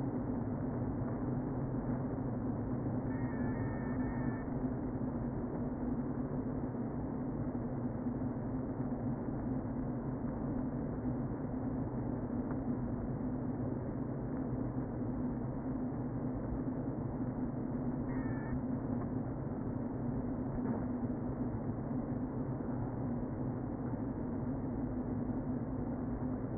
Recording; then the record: honeybee colony, microphone inside the hive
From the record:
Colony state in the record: queen present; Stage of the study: before two queens were removed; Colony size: about 60,000 bees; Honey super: yes